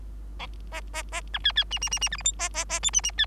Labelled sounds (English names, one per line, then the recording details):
Bengalese Finch song
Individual Bird3